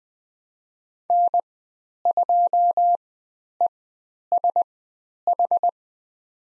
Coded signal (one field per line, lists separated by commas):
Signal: Morse code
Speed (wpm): 20 wpm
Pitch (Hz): 700 Hz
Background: none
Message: N2ESH